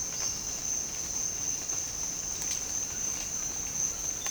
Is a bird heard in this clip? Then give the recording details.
no. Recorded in secondary vegetation near Puerto Asís, Putumayo, Colombia, on 12 March 2025 at 06:30. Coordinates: 0.485, -76.322. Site G040